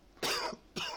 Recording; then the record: coughing mixed with background sound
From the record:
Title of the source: Coughing 60